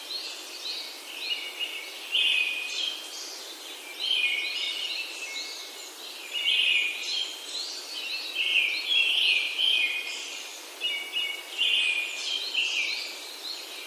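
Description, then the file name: Brown-headed thrush song: short whistled phrases repeated every few seconds. "akahara"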